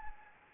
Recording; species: mosquito wingbeat signal from an infrared sensor; Anopheles gambiae